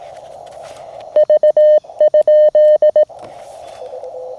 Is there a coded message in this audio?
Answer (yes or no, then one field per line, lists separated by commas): yes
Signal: Morse code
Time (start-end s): 1.2-3.0 s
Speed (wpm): 18 wpm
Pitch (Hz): 610 Hz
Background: none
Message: V?